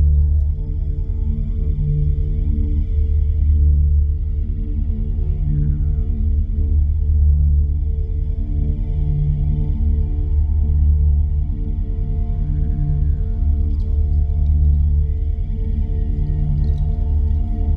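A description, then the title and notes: A delta binaural beat: a deep, steady hum sits low, with a stack of softer sustained tones above it. The low drone swells and fades slowly about every three to four seconds, while faint, gliding higher tones drift through at a constant overall level. Binaural Beat Delta.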